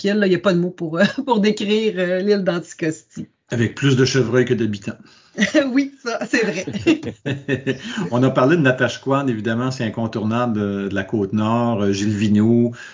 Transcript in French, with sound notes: Il n’y a pas de mots pour décrire l’île d’Anticosti.
Avec plus de chevreuils que d’habitants!
Oui, c’est vrai! [Rires]
On a parlé de Natashquan, évidemment, c’est un incontournable de la Côte-Nord, Gilles Vigneault.